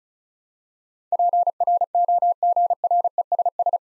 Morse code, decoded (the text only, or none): PROGRESS